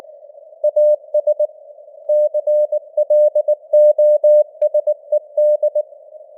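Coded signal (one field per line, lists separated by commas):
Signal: Morse code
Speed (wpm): 19 wpm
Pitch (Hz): 600 Hz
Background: none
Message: AS CLOSED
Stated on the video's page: Computer-generated 19 wpm Morse news headlines with simulated radio noise and varying signal strength (QSB).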